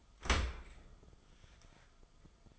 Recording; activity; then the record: daily activity, microphone in the room; open dishwasher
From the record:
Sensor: 5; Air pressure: 1004.8 hPa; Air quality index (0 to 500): 93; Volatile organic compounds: 2 ppm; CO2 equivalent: 1123 ppm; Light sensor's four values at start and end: 32/75/30/30 and 33/75/31/30